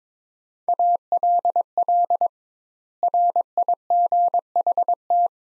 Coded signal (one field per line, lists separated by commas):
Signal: Morse code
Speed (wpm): 22 wpm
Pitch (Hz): 700 Hz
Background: none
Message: ALL RIGHT